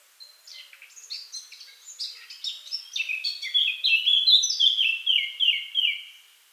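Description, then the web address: Eurasian blackcap song opening with soft, scratchy chattering that builds into a loud, clear run of descending fluted whistles. "SETE Sylvia atricapilla"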